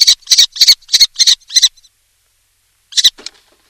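Common Kestrel giving six quick shrill notes, then silence for over a second before one more harsh burst.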